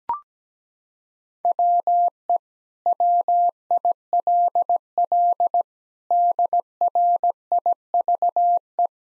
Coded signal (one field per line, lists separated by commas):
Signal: Morse code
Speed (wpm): 17 wpm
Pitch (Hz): 700 Hz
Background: none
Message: WE WILL DRIVE